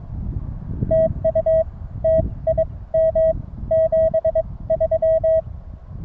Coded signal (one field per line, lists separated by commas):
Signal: Morse code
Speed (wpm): 22 wpm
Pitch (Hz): 640 Hz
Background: none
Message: TU TIM 73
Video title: New England QSO Party 2016 from Bobcat Ridge